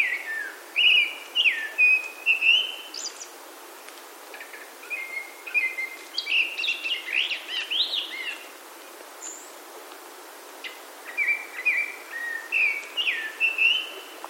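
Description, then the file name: Japanese thrush song: rich sequences of whistled and warbled phrases, some descending slurs, repeated after pauses through the recording. "kurotsu"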